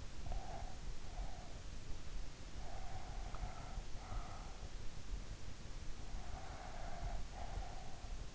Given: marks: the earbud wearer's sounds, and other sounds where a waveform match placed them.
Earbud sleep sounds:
sounds in sleep by an in-ear microphone; breath
0.00-1.70 s: breath
2.53-4.60 s: breath
5.95-8.23 s: breath

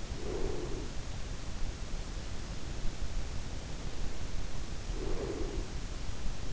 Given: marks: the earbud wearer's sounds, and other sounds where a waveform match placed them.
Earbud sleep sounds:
sounds in sleep by an in-ear microphone; breath
0.00-1.26 s: breath
4.53-5.88 s: breath

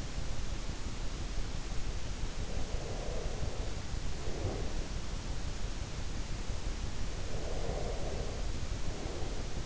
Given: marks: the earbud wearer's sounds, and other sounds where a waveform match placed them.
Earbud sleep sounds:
sounds in sleep by an in-ear microphone; breath
2.36-4.88 s: breath
7.11-9.66 s: breath

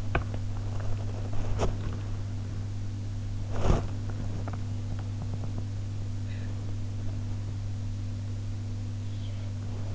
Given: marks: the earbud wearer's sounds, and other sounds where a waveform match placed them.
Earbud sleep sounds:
sounds in sleep by an in-ear microphone; body movement
0.00-2.12 s: body movement
3.46-4.21 s: body movement

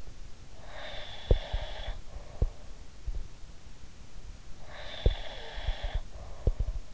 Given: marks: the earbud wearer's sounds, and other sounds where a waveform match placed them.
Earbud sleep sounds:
sounds in sleep by an in-ear microphone; breath
0.49-2.84 s: breath
1.27-3.30 s: sound from someone else or the room
4.57-6.94 s: breath
5.02-6.94 s: sound from someone else or the room

